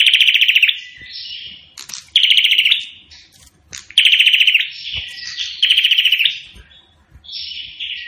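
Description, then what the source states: Prinia song of repeated staccato trills with buzzy slurred notes between them, phrases coming roughly every one to two seconds, faint low rumble beneath. Singing actively; song likened to gunfire.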